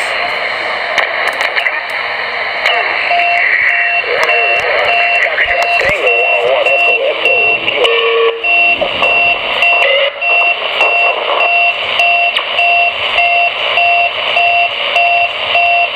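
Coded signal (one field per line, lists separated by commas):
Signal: unidentified radio signal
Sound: steady repeating beeps, two simultaneous tones, about three per second, over radio hiss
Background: radio static, voice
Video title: Strange Beeping on CB Band 11 Meters 27MHz Band - 27.395 MHz CB Radio Channel 39 “Roger Beep” Sounds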